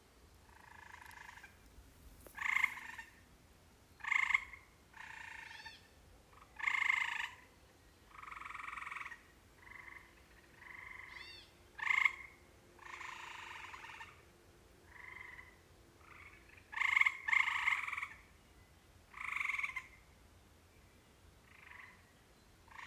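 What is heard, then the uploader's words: Sounds from around a house: repeated short rasping frog croaks, about one every second or two, over a quiet low hum. Sounds from around our house, mostly in the am.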